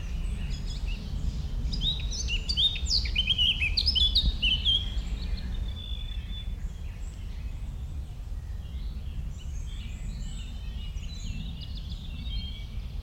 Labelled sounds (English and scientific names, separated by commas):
Common Chaffinch (Fringilla coelebs)